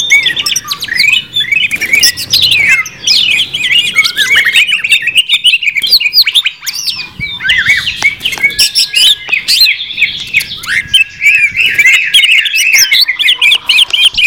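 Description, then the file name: Greater green leafbird song: continuous mix of slurred whistles, chips and warbled phrases. Greater green leafbirds (cucak hijau) in a simulated singing contest. "simulasi-lomba-cucak-hijau 2-omkicau"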